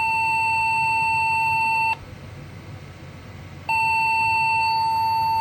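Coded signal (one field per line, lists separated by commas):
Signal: beep code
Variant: PC BIOS POST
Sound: two long buzzy beeps about two seconds each, separated by a short pause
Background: low background hum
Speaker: all right so we for sure get at least the beep code back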